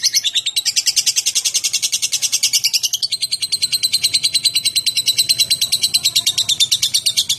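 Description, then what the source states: Lovebird song: unbroken, fast, high-pitched chirping chatter, with the tone shifting slightly after a few seconds. Described with the term 'konslet'.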